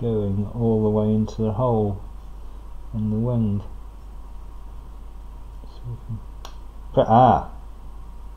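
Someone talks while pressing a plastic part of an Eaglemoss 1:8 scale DeLorean model kit hard into its hole in the model car body. A sharp click sounds at 6.5 s as the part clips into place, followed by more talk. The part is seated and sits flush.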